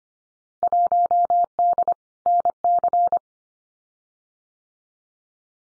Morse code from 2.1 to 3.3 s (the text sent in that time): NC